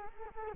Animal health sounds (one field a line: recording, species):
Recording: mosquito wingbeat signal from an infrared sensor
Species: Culex quinquefasciatus